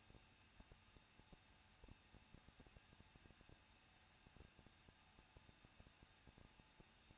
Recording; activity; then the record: daily activity, microphone in the room; no activity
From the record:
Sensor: 2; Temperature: 21.0 degrees Celsius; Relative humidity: 37.3%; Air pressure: 1006.2 hPa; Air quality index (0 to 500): 221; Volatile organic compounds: 23 ppm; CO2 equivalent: 2796 ppm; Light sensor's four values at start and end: 2/3/2/2 and 2/3/2/2